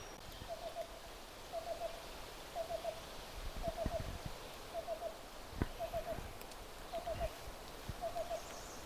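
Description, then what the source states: Black-billed Cuckoo song: soft, hollow notes in groups of three, repeated about once a second throughout. Heard on a trail to a bog-like area near Grand Marais, Cook County, Minnesota; wetlands, cedar, spruce and deciduous trees; follows forest tent caterpillar outbreaks, familiar in many places this year.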